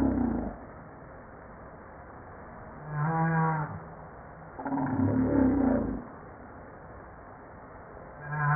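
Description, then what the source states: Humpback whale calls: several loud groaning units separated by quiet gaps, low tonal moans with rich harmonics, steady background hiss between them. Recorded 5 March 1994.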